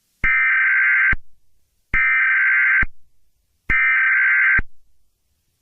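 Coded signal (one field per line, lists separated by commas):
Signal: Emergency Alert System (SAME) tones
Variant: header bursts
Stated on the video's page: Fictional EAS scenario.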